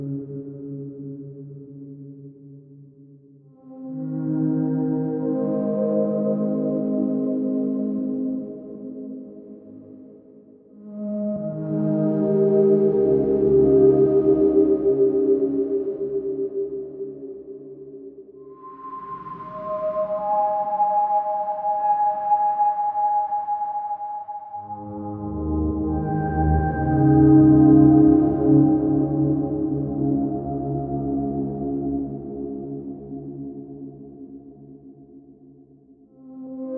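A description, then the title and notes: A soft upright piano plays slow, held chords in the low and middle register, each left ringing and fading for several seconds. New chords arrive about every six or seven seconds, with a thinner, higher one near the middle. As the record spins slowly, it opens a doorway to a soft and nostalgic standup piano.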